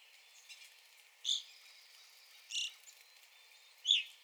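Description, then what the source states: Evening grosbeak calls: three loud, clear notes a little over a second apart, with faint chirps between. Recorded 9 April 2021.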